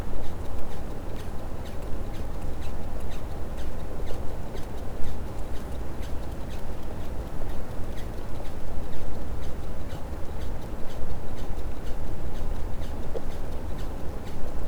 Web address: Physeter Macrocephalus cachalot